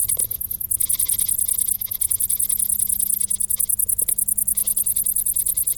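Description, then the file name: Cricket chirping: shrill rhythmic pulses, briefly broken near the start, over a faint low hum. "Grillen"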